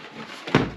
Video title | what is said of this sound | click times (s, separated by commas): Welov Air Purifier Review - BigRigSteve | sure you lock it and snap it and | 0.5 s